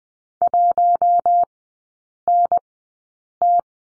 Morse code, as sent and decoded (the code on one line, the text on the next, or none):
.---- -. -
1NT